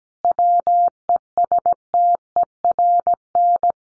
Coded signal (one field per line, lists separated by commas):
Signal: Morse code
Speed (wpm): 17 wpm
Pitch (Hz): 700 Hz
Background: none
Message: WESTERN